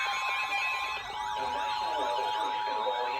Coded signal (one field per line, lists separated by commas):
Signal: Emergency Alert System (SAME) tones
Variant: 853 and 960 Hz attention tone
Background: speech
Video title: EAS Alerts From 4/20/24: A Compilation (EAS 79-91)